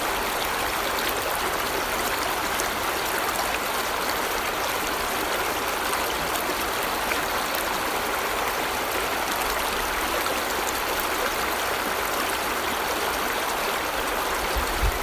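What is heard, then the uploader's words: A river rushes past in a steady, dense wash of water, bright and hissy with little low rumble. The flow holds even for the whole stretch, continuous, with tiny splashes and trickles flickering through it and no other sounds. River Lune. Sound of the river.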